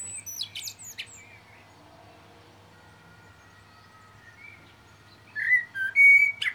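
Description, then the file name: Common blackbird: scattered high squeaky notes early, then a short, loud fluted warble with a clear whistle near the end. "Turdus merula"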